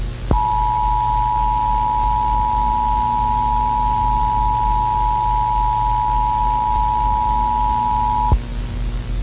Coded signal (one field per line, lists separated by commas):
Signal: Emergency Alert System (SAME) tones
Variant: 853 and 960 Hz attention tone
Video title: Gorilla tag | EAS SCENARIO